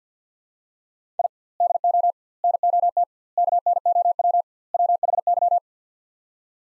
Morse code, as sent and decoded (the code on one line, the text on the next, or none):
.. / -.. --- / -. --- - / -.- -. --- .-- / .-- .... -.--
I DO NOT KNOW WHY